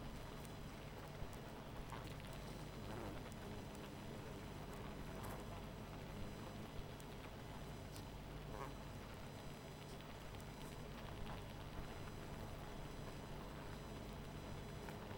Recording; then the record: honeybee colony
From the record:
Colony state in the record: missing queen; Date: 14 July 2017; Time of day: 19:30